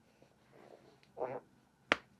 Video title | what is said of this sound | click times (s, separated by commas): How to Crochet Polly the Platypus - Left-Handed Step-by-Step Amigurumi Tutorial | Make sure you hear them click. We make sure they're on all the way. | 1.9 s